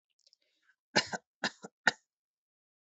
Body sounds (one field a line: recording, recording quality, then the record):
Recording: shallow voluntary cough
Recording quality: excellent, no background noise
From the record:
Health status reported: healthy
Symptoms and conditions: none ticked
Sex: male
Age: 31 years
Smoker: not ticked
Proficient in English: yes